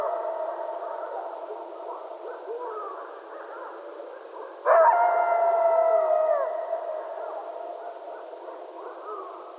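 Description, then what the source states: Coyotes in a wavering group chorus of yips and yodels, then one strong, clear howl enters abruptly, holds level for nearly two seconds and drops away. Several coyotes at night, recorded 15 February 2012.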